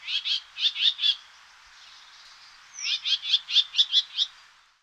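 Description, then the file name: Common whitethroat song: two short, scratchy, chattering phrases of rapid notes, the second slightly longer, separated by a pause. "Fauvette grisette"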